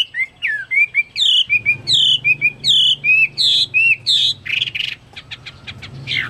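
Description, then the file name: Chinese hwamei song: a run of paired whistled notes, a high slurred note then a lower one, ending with a few harsh buzzy bursts. "omkicau hwamei"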